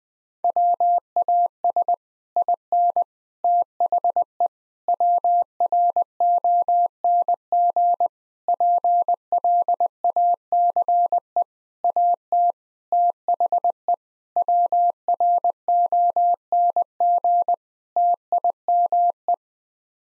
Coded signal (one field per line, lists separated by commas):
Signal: Morse code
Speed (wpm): 20 wpm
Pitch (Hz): 700 Hz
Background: none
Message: WAS IN THE WRONG PLACE AT THE WRONG TIME